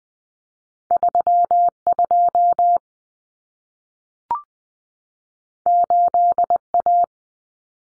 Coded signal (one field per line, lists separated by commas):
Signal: Morse code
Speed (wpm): 20 wpm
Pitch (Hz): 700 Hz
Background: none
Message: 32 8A